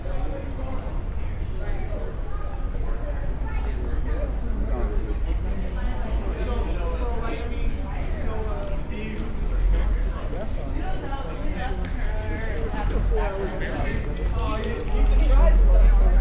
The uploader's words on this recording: Walking into Capitol Hill Organized Protest (CHOP). Capitol Hill Organized Protest (CHOP/CHAZ), Seattle, WA ~10:30pm. Walking into CHOP on 12th (from south), passing by the East Precinct and heading west on Pine along Cal Anderson Park.